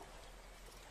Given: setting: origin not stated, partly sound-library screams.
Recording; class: one-second piece from a danger detection set; normal situation